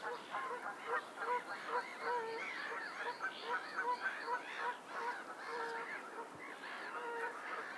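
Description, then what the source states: Goose: geese honking in a dense, overlapping flock chorus, steady nasal calls layered throughout. Lake ambience at Lackford Lakes with noisy geese.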